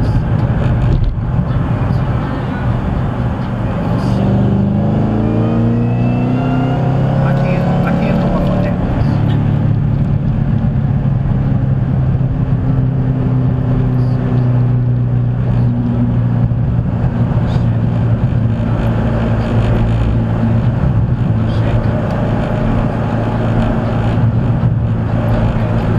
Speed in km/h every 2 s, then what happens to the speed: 100, 95, 105, 134, 147, 137, 127, 124, 118, 111, 108, 106, 111.
3-7 speeds up to 147. 7-18 slows to 111. 18-26 steady at about 108.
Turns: none.